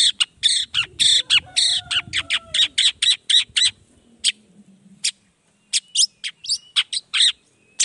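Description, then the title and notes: Long-tailed shrike giving rapid, grating, chattering notes in a dense run that slows into spaced, sharp harsh notes. A low hum sits underneath. Shrike's lively 'gacor' morning song with 'toet toet' sound variation, played to provoke other shrikes into responding quickly. "Cendet Gacor Dor Di Kala Pagi Toet Toet Variasi Suara. Cendet Gacor Langsung Nyaut Emosi Hanya dengan Sekali Putar Bikin Cendet Lainya Cepat Respon Bunyi. Burung cendet"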